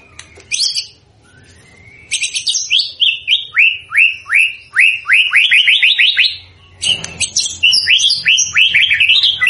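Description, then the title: White-rumped shama song: a run of sharp downslurred whistles, about three per second, then a burst of varied jumbled notes, with a low hum beneath. Lure recording of a constantly singing (gacor) white-rumped shama, played to make the bird respond at once. "PANCINGAN MURAI BATU GACOR"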